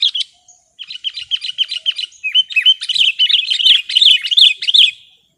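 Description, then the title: Sooty-headed bulbul song: a regular series of quick chirps that builds into a louder, bubbling, rapidly repeated phrase before stopping abruptly. "kutilang"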